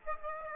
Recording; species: mosquito wingbeat signal from an infrared sensor; Aedes aegypti